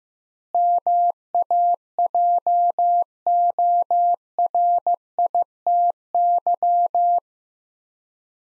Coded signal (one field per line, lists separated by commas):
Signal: Morse code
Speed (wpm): 16 wpm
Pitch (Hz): 700 Hz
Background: none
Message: MAJORITY